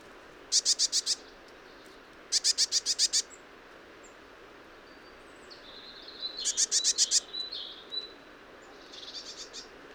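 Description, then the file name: Eurasian blue tit calls: three quick bursts of sharp, high notes, the last mixed with thin whistled notes, then a fainter short burst, over a faint steady background hiss. "Cyanistes caeruleus"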